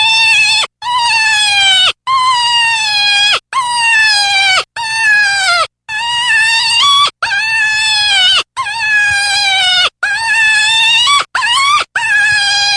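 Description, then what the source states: Deer distress calls: a long series of harsh, harmonic bleats, some slightly rising or wavering, repeated almost continuously with brief breaks between cries. Fawn in distress.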